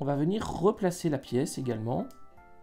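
A plastic/metal cloth armor piece is being handled to fit onto the back of a Saint Seiya Myth Cloth action figure (Ushio de l'Espadon Revival) while someone talks over music. Nothing has seated or clicked yet; the clip ends just before the piece goes home.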